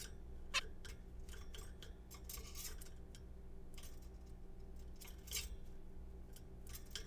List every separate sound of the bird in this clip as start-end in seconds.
0.54-0.61